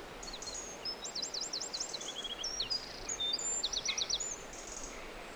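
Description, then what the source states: Birdsong, bright high-pitched chirps and rapid stuttering trills from more than one bird, tumbling over each other against a constant gentle hiss. Birdsong in a forest.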